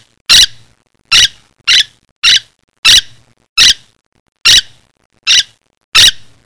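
Bird giving short, harsh, high squeaky calls, nine in six seconds at slightly uneven intervals, with silence between them.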